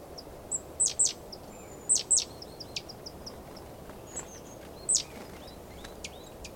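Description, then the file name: Great tit gives sharp, high, downslurred call notes in pairs and singles at irregular intervals, with faint thin chips, over a constant background rumble. "Parus major"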